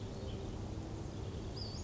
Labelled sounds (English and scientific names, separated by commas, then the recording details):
Western Flycatcher (Empidonax difficilis)
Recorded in Sonoma County, California